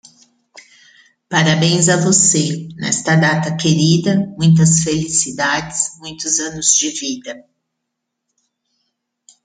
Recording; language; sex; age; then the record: short text; Brazilian Portuguese; female; 50 to 59 years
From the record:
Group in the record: control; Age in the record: 53 years